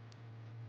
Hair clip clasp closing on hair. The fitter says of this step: Opposite சைடுல இப்படி திருப்பிட்டு ஹேர் லெவல உள்ள விட்டுட்டு இப்படி லாக் பண்ணோம் அப்படின்னா லாக் ஆயிடும்.